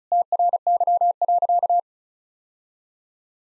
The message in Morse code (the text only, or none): TRY.